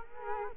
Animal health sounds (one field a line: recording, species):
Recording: mosquito wingbeat signal from an infrared sensor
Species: Culex quinquefasciatus